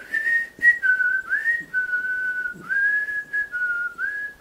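A single clear whistled melody carries a folk tune, the whistled opening theme of a folk group's presentation song; its pure tone glides between sustained notes and short phrases with brief pauses, steady and fairly loud with no talking.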